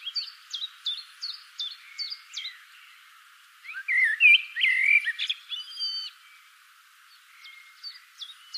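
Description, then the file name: Common blackbird: a series of thin, high, clipped notes, then a rich warbled phrase with fluty slurs, followed by more sparse high squeaks. "Turdus merula"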